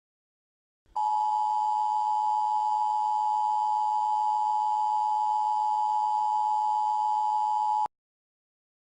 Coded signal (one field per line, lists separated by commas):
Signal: Emergency Alert System (SAME) tones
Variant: 853 and 960 Hz attention tone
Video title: UK BBC EAS